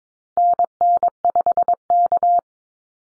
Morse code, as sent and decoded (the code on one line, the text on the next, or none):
-. -. ..... -.-
NN5K